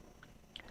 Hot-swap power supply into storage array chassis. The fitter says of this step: Once the metal lever begins catching in its slot, push the metal lever inwards until you hear a clicking sound.